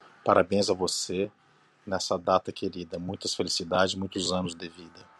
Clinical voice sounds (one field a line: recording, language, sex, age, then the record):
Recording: short text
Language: Brazilian Portuguese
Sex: male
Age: 50 to 59 years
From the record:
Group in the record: control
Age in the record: 56 years